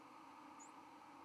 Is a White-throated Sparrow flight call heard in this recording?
no